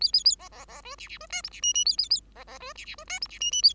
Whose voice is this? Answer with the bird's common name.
Bengalese Finch